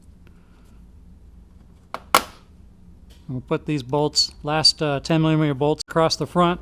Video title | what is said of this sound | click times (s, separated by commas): 2002-06 MINI Cooper S Clutch Replacement Part 2 of 2 | when you put these clips back in you don't need to screw them in you can just press and they snap right in | 1.9 s, 2.2 s